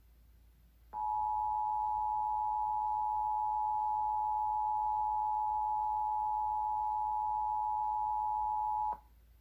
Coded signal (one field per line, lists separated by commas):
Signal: Emergency Alert System (SAME) tones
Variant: 853 and 960 Hz attention tone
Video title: Iowa EAS Required Monthly Test (March 4, 2020)